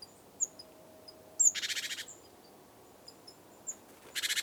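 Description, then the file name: Great tit giving two short, harsh buzzy rattles with a few thin, high, sharp call notes scattered between them. "Parus major"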